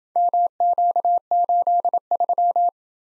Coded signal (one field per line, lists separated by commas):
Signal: Morse code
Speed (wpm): 27 wpm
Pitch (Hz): 700 Hz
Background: none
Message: MQ83